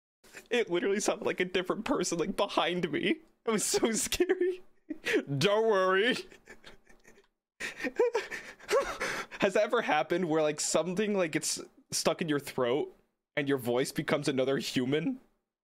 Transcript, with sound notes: It literally sounded like a different person, like, behind me! It was so scary! [laugh] [mocking own voice] 'DoN't wOrRy!' [laughs] Has that ever happened where, like, something, like gets stuck in your throat and your voice become another human?